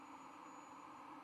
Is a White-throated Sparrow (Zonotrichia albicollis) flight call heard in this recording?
no